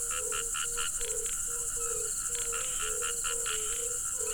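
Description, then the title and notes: Crickets give a continuous high trill while frogs call with repeated low notes and short bursts. Crickets together with frogs, at a pool on the Hajnice stream, Ústí, Czechia. "Ústí, Czechia - žáby a cvrčci Hajnice. žáby a cvrčci u hodní tůně na potoce Hajnice"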